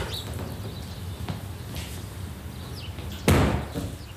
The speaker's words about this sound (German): Desungeachtet suchte ich mir einen größeren Stein, schlug damit das Glas der Verandatür ein, öffnete die Tür und ging ins Haus.